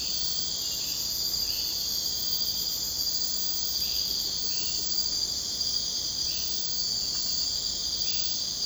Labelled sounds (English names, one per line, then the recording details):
none
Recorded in secondary vegetation near Puerto Asís, Putumayo, Colombia, on 22 June 2025 at 02:00
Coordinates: 0.484, -76.319
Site G074